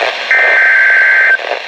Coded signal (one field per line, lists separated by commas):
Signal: Emergency Alert System (SAME) tones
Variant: header bursts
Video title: Collection of EAS Alerts - June 18, 2019 - (EAS #1,758-1,762)